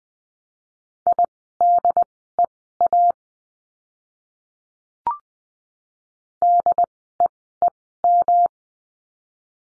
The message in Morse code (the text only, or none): IDEA DEEM